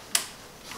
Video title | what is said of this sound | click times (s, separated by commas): Marderschaden? VW Beetle riecht nach Sprit | dann muss sie hörbar einrasten dann könnt ihr auch sicher sein der | 0.1 s